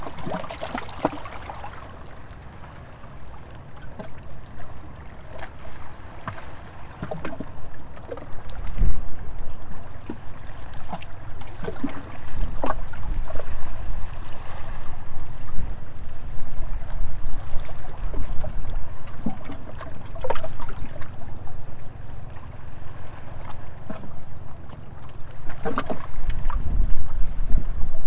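Waves wash against a gently sloping shore, a steady low churn with frequent splashing and fizzing foam, swelling louder after nine seconds.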